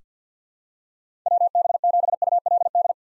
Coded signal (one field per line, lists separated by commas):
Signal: Morse code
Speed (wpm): 46 wpm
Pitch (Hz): 700 Hz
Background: none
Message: WB7ULD